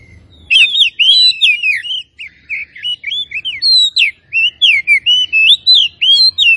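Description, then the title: Oriental magpie-robin in full song, a steady rapid stream of loud, looping whistles and chirps with little pause. Tretes; described as gacor, in full, persistent song. "Kacer Tretes Gacor"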